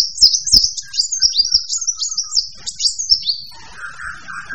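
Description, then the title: Bird song with fast, very high twittering phrases that slide up and down, then lower notes near the end. Several kinds of birds singing together. "manuk campur"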